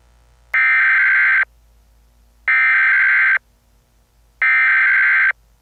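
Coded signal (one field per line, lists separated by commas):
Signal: Emergency Alert System (SAME) tones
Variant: header bursts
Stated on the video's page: Fictional EAS scenario.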